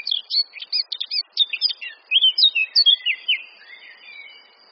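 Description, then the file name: Eurasian blackcap song, opening with fast, scratchy chatter and moving into loud, clear, fluting whistled notes that fade away at the close. "Sylvia atricapilla"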